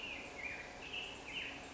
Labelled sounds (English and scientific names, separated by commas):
Black-headed Grosbeak (Pheucticus melanocephalus)